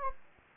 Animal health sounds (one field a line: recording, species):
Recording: mosquito wingbeat signal from an infrared sensor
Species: Anopheles gambiae